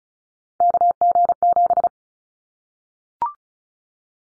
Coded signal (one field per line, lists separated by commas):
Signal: Morse code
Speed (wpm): 34 wpm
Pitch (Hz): 700 Hz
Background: none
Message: KG7